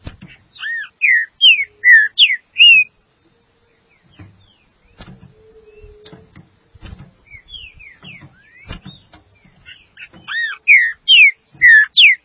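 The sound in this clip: Green-winged saltator repeating its phrase of loud, slurred whistles twice, separated by several seconds of clicking, tapping and rustling.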